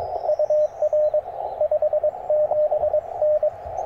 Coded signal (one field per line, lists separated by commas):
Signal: Morse code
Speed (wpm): 22 wpm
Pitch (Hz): 600 Hz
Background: radio noise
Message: UR 57N